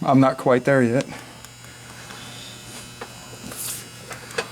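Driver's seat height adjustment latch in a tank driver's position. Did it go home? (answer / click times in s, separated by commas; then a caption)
no / none. In the driver's position of an M50 Super Sherman tank, the driver tries to raise the seat further to shoulder height and works the seat height adjustment lever again. Someone talks for the first second over a steady low hum, followed by faint knocks around 1.5, 3.0 and 4.4 seconds. The seat height latch fails to catch, and nothing has clicked into position yet.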